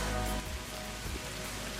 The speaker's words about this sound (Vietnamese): Trời đang mưa các bạn nha.